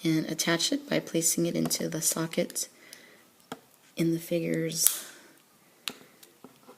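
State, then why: Seated. Someone talks while the plastic right arm of a Hasbro Marvel Legends Infinite Series Groot build-a-figure is pushed into the shoulder socket on the figure's upper torso, with soft handling taps in between. A sharp, loud snap at 5.9 s marks the arm seating in the socket, followed by a few faint clicks.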